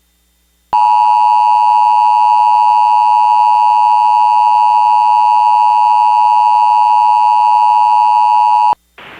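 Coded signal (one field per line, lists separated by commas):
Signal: Emergency Alert System (SAME) tones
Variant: 853 and 960 Hz attention tone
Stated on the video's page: Recreation with valid tones of a radio station's tornado warning relay through a fictional cable company.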